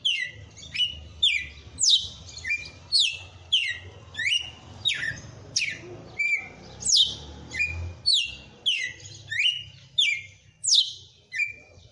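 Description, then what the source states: Red-cowled cardinal pouring out rapid, nearly continuous downslurred whistles in close succession, with a low rumble underneath. Female bird.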